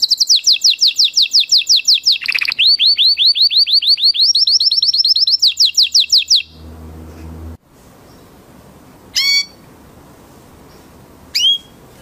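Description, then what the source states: Canary delivering quick down-slurred whistles and rapid note series for about six and a half seconds, then near silence with two brief high notes. Orange canary; lure song meant to prompt a canary that has stopped singing to start again.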